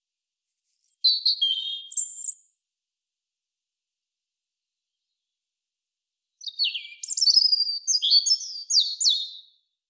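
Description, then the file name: European robin song in two bursts: a high thin whistle leading into tumbling twitters, then after a pause a longer phrase of rapid varied squeaky trills. "Erithacus rubecula"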